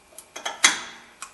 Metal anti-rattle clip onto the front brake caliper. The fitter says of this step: and you'll hear it snap right in